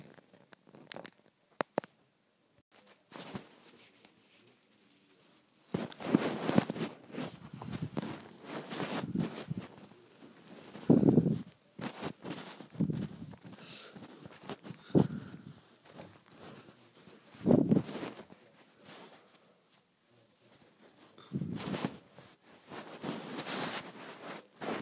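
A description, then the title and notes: Soft fabric scrunchie sounds: rustling, crinkly bursts of handling that come in uneven clusters. The first five seconds hold only a few faint taps and clicks, then denser scrunching runs from about six seconds onward, with brief quiet gaps between bursts. ASMR Satisfying Scrunchie Sounds.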